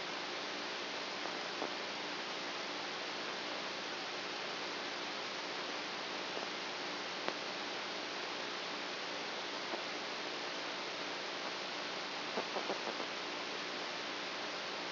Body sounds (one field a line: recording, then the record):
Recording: brain microelectrode recording played as sound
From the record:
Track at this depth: inside the subthalamic nucleus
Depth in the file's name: 4.001 mm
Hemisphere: right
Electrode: 2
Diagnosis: Parkinson's disease